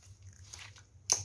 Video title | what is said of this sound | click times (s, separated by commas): How to Replace Spark Plugs on Holden Barina TK model 2005-2011 (DIY] | Okay, and push down. You can hear the popping sound. | 1.1 s